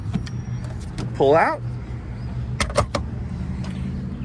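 After the charging session on a Hyundai IONIQ 5 is stopped, the charge port's lock releases the DC fast-charge connector with a single short click at 0.3 s. Someone talks, and sharp clacks follow as the plug is pulled out of the port.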